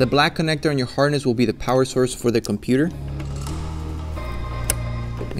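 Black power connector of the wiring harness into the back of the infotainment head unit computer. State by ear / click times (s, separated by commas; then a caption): seated / 4.7 s. Someone talks over background music while the black power connector on the radio replacement wiring harness is plugged into the back of the 10-inch touchscreen infotainment head unit computer for a 2016-2022 Toyota Tacoma. After the talking stops, a sharp short click is heard at 4.7 s as the connector seats.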